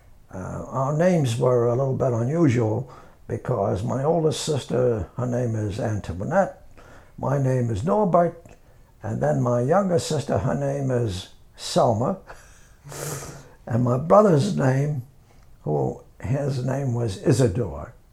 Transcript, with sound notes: Our names were a little bit unusual because my older sister, her name is Antoinette, my name is Norbert, and then my younger sister, her name is Selma. (he laughs) And my brother's name, who has a name was Isidor.